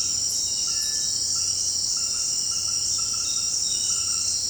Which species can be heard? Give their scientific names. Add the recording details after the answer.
Crypturellus cinereus. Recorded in secondary vegetation near Puerto Asís, Putumayo, Colombia, on 21 March 2025 at 18:00. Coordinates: 0.502, -76.326. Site G100